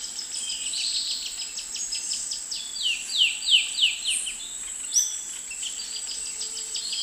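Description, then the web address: Russet antshrike calling a quick run of thin, high, downslurred notes, loudest in the middle, over a steady high insect drone and other faint chips. Ecuador. "Birds of Ecuador. Russet Antshrike"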